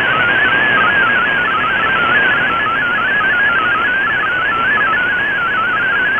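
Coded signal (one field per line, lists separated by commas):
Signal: multi-tone FSK (Olivia or MFSK type)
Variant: MFSK32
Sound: rapid warbling single tone hopping between nearby pitches, over steady hiss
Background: radio static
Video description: Here is my decode of the Shortwave Radiogram broadcast today on 7780Khz shortwave radio at 2330UTC in MFSK32 and with 4 SSTV images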